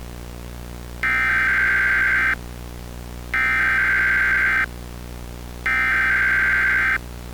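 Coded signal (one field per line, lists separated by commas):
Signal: Emergency Alert System (SAME) tones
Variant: header bursts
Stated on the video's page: Mock EAS tornado emergency for Lafayette, Louisiana.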